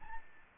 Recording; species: mosquito wingbeat signal from an infrared sensor; Aedes albopictus